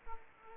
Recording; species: mosquito wingbeat signal from an infrared sensor; Aedes aegypti